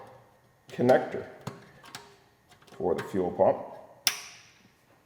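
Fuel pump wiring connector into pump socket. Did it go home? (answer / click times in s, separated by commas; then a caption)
yes / 4.1 s. On a Yamaha R3, the plastic fuel pump wiring connector is pushed up into its socket on the fuel pump while someone talks, and a sharp, positive click rings out at 4.1 s. The connector is seated and is then tugged to check that it stays in place.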